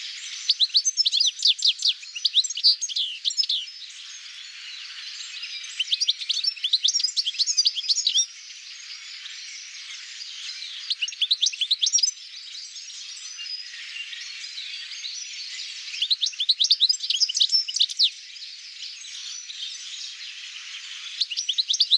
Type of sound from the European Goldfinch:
song